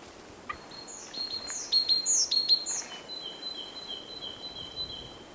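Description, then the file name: Great tit song: a run of rapid two-note whistles in the second half, after a few high, thin whistles and chirps, over soft background hiss. "Parus major"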